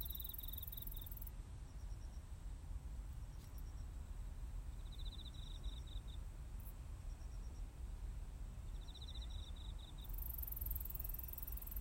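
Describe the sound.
Cricket trills, high and finely pulsed, repeated three times at intervals of a few seconds against steady low background noise.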